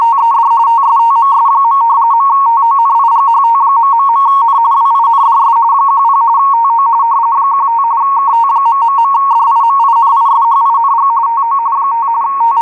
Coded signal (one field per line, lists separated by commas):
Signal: RTTY